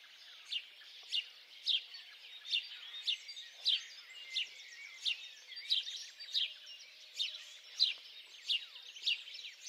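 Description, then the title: Birds chirping, with a single sharp chirp repeated many times over a continuous background chorus. Birds singing at dawn. "Pássaros Cantando No Amanhecer"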